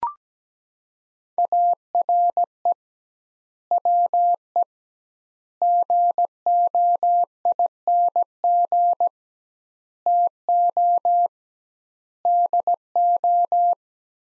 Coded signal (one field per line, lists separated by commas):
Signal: Morse code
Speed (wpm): 17 wpm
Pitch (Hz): 700 Hz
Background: none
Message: ARE WE GOING TO DO